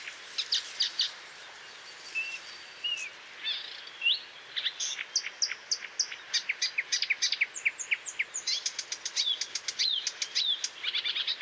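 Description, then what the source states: Marsh warbler song starting with scattered notes and slurred whistles, building into a fast, varied, chattering stream of sharp and buzzy notes. Recorded at Moos, Deggendorf district, on 30 June 2013.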